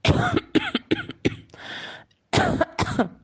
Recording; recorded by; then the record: voluntary cough; messaging app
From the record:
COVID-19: negative